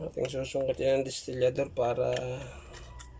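A diaphragm part is being worked into position inside a brake hydro-master (hydrovac) booster housing, with a tool prying or hooking it into place while someone talks. Faint metallic handling sounds run under the speech, and a short tick comes near 3.0 s. Nothing has seated or clicked yet; the part is still being handled.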